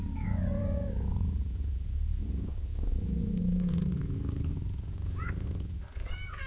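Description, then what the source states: Cat purring, a steady low rumble throughout, with a soft, faint meow early on and a couple of short calls near the end. Cat gently meowing and purring in long intervals.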